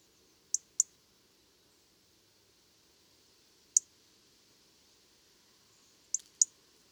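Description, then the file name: European robin uttering thin, high clicking ticks, a pair at the start, a single note midway, then another pair near the end, with quiet background. "Erithacus rubecula"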